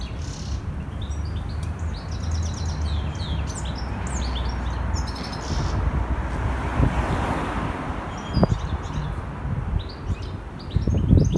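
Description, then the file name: European goldfinch twittering in quick high notes early on and again near the end, over a constant loud low rumble. "Carduelis carduelis"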